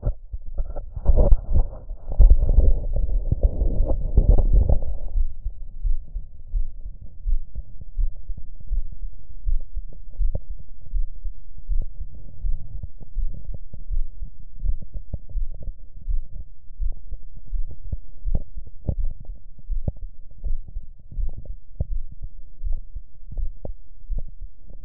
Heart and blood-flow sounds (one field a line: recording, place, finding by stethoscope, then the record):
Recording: heart sounds by stethoscope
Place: mitral valve (MV)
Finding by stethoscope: normal heart sounds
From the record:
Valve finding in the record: mitral regurgitation, grade 0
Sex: female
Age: 27 years